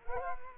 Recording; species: mosquito wingbeat signal from an infrared sensor; Culex quinquefasciatus